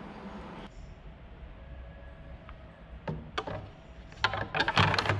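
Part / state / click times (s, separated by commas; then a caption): oil cell cartridge into its engine dock / seated / 4.2 s. A used oil cell, a combined filter and oil cartridge, is removed and a new one is pushed into its dock on the engine. After a low hum and a few light knocks around 3.1 and 3.4 seconds, a sharp click at 4.2 seconds marks the cartridge seating, followed by a quick cluster of plastic knocks up to about 5.1 seconds. The new oil cell is confirmed clicked into place.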